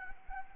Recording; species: mosquito wingbeat signal from an infrared sensor; Anopheles arabiensis